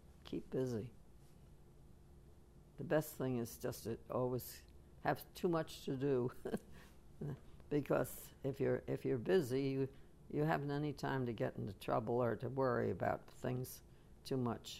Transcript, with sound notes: Keep busy. The best thing is just to always have too much to do (she laughs) because if you're, if you're busy you haven't any time to get into trouble or to worry about things too much.